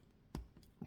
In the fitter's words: s'il bien compris je pense que ça ça se clipse dedans voyez un en bout top